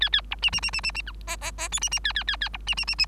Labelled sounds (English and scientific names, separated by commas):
Bengalese Finch (Lonchura striata domestica) song